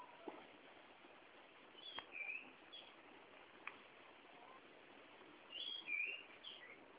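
Malabar whistling thrush giving two brief groups of high whistled notes, a few seconds apart, against a faint steady background hiss.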